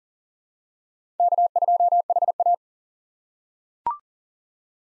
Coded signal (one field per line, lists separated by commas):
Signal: Morse code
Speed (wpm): 40 wpm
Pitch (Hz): 700 Hz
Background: none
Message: K2HA